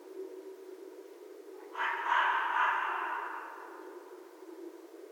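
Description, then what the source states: Red fox producing a loud, drawn-out raspy call lasting over a second, starting abruptly then slowly fading, with steady background hiss. Recorded 11 January 2012.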